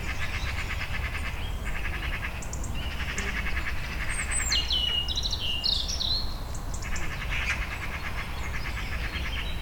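Bird calls with repeated pulsed chattering notes, then sweeping whistled phrases and a burst of trilled chatter, over constant low background rumble.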